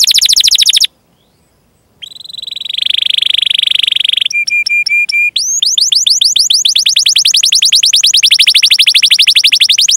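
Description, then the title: Canary song with quick chirps, a short silence, a swelling buzzy roll, repeated flat whistles and a long rapid series of rising chirps. Gacor (vigorous singing) canary with cengkok (melodic turns) and isian (varied fill phrases), for bird-song training. "Kenari Gacor Cengkok Isian Kenarigacor Kicaumania Kenari"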